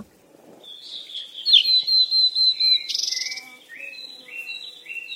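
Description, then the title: Bird calls: a thin drawn-out whistle, then a run of loud pulsed chirps and a series of evenly spaced downslurred notes. Birds described as playing or frolicking. "鸟儿嬉戏声"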